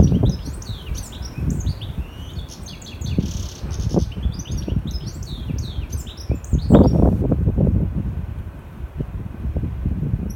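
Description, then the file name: European goldfinch giving a busy stream of tinkling, twittering high notes for about seven seconds, then falling quiet, over a steady low rumble and scattered knocks. "Carduelis carduelis"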